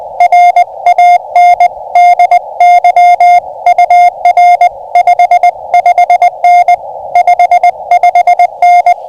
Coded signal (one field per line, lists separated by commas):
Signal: Morse code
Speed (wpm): 20 wpm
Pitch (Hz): 710 Hz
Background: none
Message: RANDY UR 55N 55N